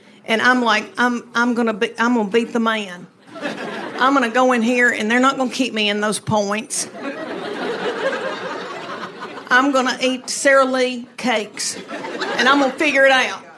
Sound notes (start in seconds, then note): 6.9 laughter; 11.7 laughter